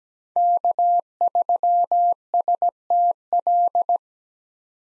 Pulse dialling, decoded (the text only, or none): none